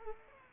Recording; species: mosquito wingbeat signal from an infrared sensor; Aedes aegypti